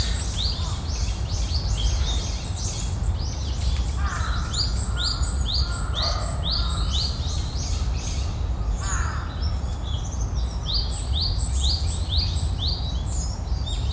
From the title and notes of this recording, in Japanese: 公園の朝散歩より695鳥のこえ。